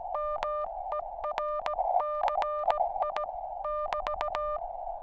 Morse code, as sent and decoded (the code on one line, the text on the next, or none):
-- . .-. -.-. .. -...-
MERCI<BT>